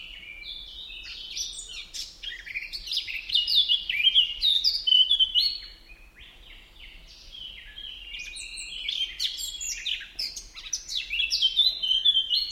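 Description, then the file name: Eurasian blackcap song, a rich, rapid warble of mixed chirps and fluty notes, one long phrase for about five seconds, a brief pause, then a second extended phrase. "Sylvia atricapilla"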